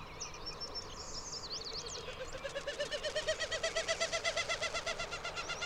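Bird song: brief high twittering, then a rhythmic series of harmonic notes, about three per second, swelling and then fading slightly.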